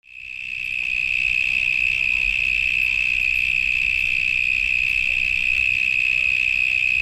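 Cicadas give a steady, high buzzing drone that swells in over the first second, then holds at an even, unbroken pitch throughout.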